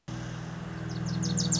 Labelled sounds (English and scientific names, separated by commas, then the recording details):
Wilson's Warbler (Cardellina pusilla)
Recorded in Sonoma County, California